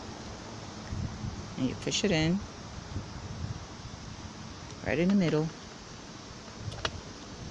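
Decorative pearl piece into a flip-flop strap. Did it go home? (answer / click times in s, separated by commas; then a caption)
yes / 6.9 s. Someone talks while a decorative pearl piece is pushed with pliers into the middle of a flip-flop strap, over a steady background hiss. A short, sharp click at 6.9 s marks the piece snapping into the strap, seated.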